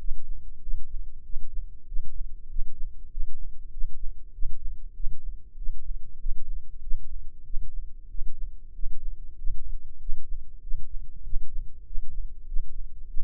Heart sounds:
heart sounds by microphone in the right ear; 96 bpm
0.59 s: heartbeat
1.22 s: heartbeat
1.84 s: heartbeat
2.46 s: heartbeat
3.08 s: heartbeat
3.69 s: heartbeat
4.30 s: heartbeat
4.92 s: heartbeat
5.54 s: heartbeat
6.16 s: heartbeat
6.79 s: heartbeat
7.42 s: heartbeat
8.06 s: heartbeat
8.71 s: heartbeat
9.35 s: heartbeat
9.97 s: heartbeat
10.59 s: heartbeat
11.21 s: heartbeat
11.83 s: heartbeat
12.44 s: heartbeat
13.05 s: heartbeat
From the record:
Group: healthy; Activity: rest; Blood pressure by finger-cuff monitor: 101/69 mmHg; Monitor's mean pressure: 78 mmHg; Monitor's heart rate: 96 bpm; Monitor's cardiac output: 7.7 L/min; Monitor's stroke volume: 79 mL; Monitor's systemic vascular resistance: 750 dyn s/cm5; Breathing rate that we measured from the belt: 18 breaths a minute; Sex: male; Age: 19 years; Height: 178 cm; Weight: 83 kg

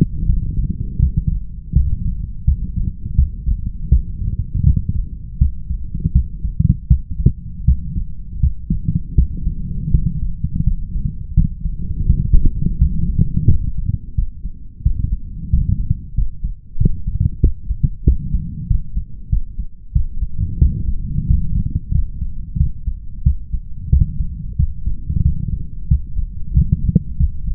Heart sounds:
heart sounds by stethoscope; 87 bpm
0.25 s: heartbeat
0.99 s: heartbeat
1.72 s: heartbeat
2.44 s: heartbeat
3.15 s: heartbeat
3.88 s: heartbeat
4.63 s: heartbeat
5.38 s: heartbeat
6.12 s: heartbeat
6.87 s: heartbeat
7.64 s: heartbeat
8.39 s: heartbeat
9.14 s: heartbeat
9.90 s: heartbeat
10.63 s: heartbeat
11.33 s: heartbeat
12.05 s: heartbeat
12.77 s: heartbeat
13.47 s: heartbeat
14.14 s: heartbeat
14.82 s: heartbeat
15.49 s: heartbeat
16.14 s: heartbeat
16.77 s: heartbeat
17.39 s: heartbeat
18.03 s: heartbeat
18.66 s: heartbeat
19.29 s: heartbeat
19.91 s: heartbeat
20.57 s: heartbeat
21.26 s: heartbeat
21.91 s: heartbeat
22.56 s: heartbeat
23.22 s: heartbeat
23.89 s: heartbeat
24.55 s: heartbeat
25.21 s: heartbeat
25.87 s: heartbeat
26.53 s: heartbeat
27.16 s: heartbeat
From the record:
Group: healthy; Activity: rest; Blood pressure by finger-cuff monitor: 120/61 mmHg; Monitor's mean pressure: 94 mmHg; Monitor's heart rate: 85 bpm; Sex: male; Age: 21 years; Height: 180 cm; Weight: 67.5 kg

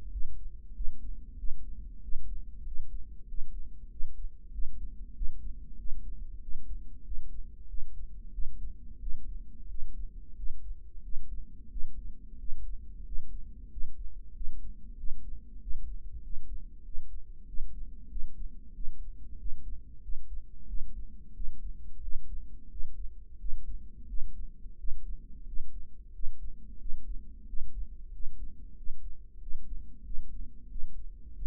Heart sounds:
heart sounds by microphone in the right ear; 92 bpm
0.13 s: heartbeat
0.76 s: heartbeat
1.39 s: heartbeat
2.04 s: heartbeat
2.67 s: heartbeat
3.29 s: heartbeat
3.92 s: heartbeat
4.54 s: heartbeat
5.16 s: heartbeat
5.79 s: heartbeat
6.43 s: heartbeat
7.06 s: heartbeat
7.70 s: heartbeat
8.34 s: heartbeat
9.02 s: heartbeat
9.70 s: heartbeat
10.38 s: heartbeat
11.04 s: heartbeat
11.72 s: heartbeat
12.40 s: heartbeat
13.07 s: heartbeat
13.72 s: heartbeat
14.36 s: heartbeat
14.99 s: heartbeat
15.62 s: heartbeat
16.24 s: heartbeat
16.86 s: heartbeat
17.48 s: heartbeat
18.11 s: heartbeat
18.76 s: heartbeat
19.40 s: heartbeat
20.04 s: heartbeat
20.69 s: heartbeat
21.36 s: heartbeat
22.03 s: heartbeat
22.72 s: heartbeat
23.40 s: heartbeat
24.09 s: heartbeat
24.79 s: heartbeat
25.48 s: heartbeat
26.15 s: heartbeat
26.81 s: heartbeat
27.48 s: heartbeat
28.14 s: heartbeat
28.78 s: heartbeat
29.42 s: heartbeat
30.06 s: heartbeat
30.71 s: heartbeat
31.37 s: heartbeat
From the record:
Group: healthy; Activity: rest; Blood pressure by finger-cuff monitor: 156/89 mmHg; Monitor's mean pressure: 111 mmHg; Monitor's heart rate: 94 bpm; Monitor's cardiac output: 7.5 L/min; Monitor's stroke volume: 80 mL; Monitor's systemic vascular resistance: 1090 dyn s/cm5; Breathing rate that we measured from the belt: 19 breaths a minute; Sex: male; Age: 21 years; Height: 175 cm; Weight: 72.6 kg

